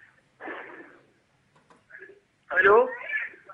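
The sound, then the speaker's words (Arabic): A television plays in the background of a caller's international phone line: muffled, band-limited voices come through in short bursts separated by silence, with a louder stretch near the end. “اسمعني من التليفون واخفض صوت التلفزيون لو سمحت.”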